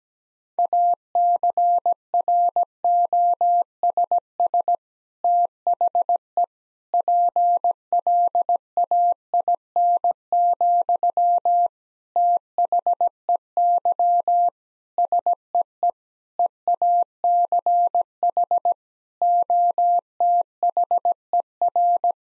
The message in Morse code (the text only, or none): ACROSS THE PLAIN, THEY SEE EACH OTHER